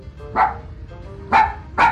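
Three soft, high yaps from a small poodle behind a door, the first one alone and the last two closer together, each short and tentative with a brief whine-like tone, heard with no talking.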